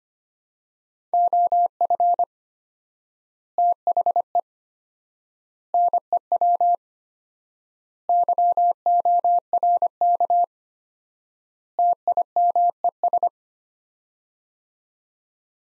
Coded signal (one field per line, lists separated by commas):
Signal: Morse code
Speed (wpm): 25 wpm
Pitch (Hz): 700 Hz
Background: none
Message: OF THE NEW YORK TIMES